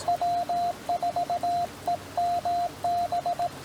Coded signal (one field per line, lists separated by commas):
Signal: Morse code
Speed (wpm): 17 wpm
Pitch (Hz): 690 Hz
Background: radio noise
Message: W4EMB